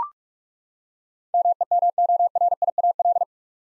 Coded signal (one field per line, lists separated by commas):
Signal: Morse code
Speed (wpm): 42 wpm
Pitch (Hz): 700 Hz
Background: none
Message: MEMORIAL